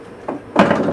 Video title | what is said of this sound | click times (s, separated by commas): HP AIO on Rubbermaid Install | slide down and it locks into place okay | 0.6 s